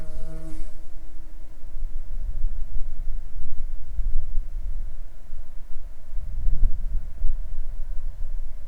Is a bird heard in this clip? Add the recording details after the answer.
no. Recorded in Ivvavik National Park, Yukon, on 6 June 2019 at 00:14. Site SINP03